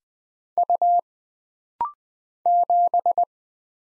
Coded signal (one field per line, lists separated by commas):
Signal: Morse code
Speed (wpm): 20 wpm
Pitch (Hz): 700 Hz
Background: none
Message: U 7